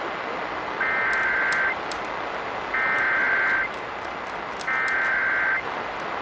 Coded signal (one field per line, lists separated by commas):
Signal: Emergency Alert System (SAME) tones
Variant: header bursts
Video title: Kern and LA’s Halloween Spirit! (Monthly EAS Tests from 10/31/23) (EAS #1,212-1,223)